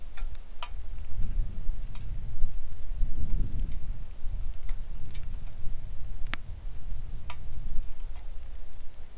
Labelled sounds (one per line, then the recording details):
songbird
wind
rain
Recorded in the Arctic National Wildlife Refuge, Alaska, on 3 August 2019 at 09:56
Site 41